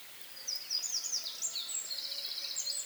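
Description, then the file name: Eurasian wren song: a dense, fast run of high, trilled and rattling notes that starts after a brief pause and continues to the end. "Troglodytes troglodytes"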